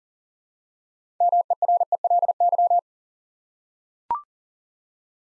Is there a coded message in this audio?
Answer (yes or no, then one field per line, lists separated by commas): yes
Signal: Morse code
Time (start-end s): 1.2-2.8 s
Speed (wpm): 41 wpm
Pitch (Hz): 700 Hz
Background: none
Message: MERELY